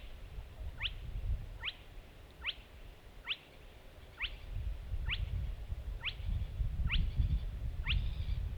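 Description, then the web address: Spotted crake with a run of several short, rising whistled whips, against low-frequency background noise. Recorded on 10 June 2015. "fagelljud 20150610 smaflackig"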